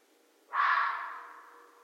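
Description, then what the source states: Red fox with one rasping scream, sudden onset and a slowly dying tail, over a faint constant hum. Recorded on 13 January 2012.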